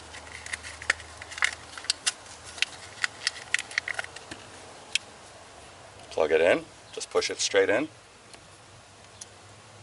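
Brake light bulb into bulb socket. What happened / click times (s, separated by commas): The bulb is being handled but has not yet seated / none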